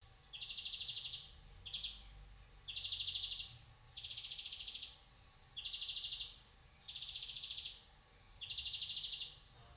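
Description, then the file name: European greenfinch producing harsh, buzzy trilled bursts, each up to about a second long, repeated at uneven intervals over a steady low background. "Chloris chloris"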